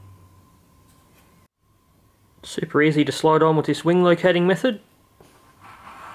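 A balsa wing for a scratch-built RC electric glider is slid onto the fuselage using a wing-locating method, with a faint steady hum in the background while someone talks. Nothing has seated or clicked yet; the wing is still being handled and is not yet home on the fuselage wing locator.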